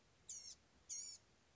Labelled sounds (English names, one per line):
Blue-gray Gnatcatcher